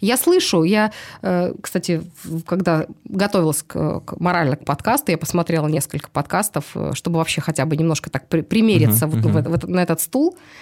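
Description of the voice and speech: A woman speaks Russian in clear, fluent conversational speech with ordinary fillers and a brief listener's 'uh-huh'.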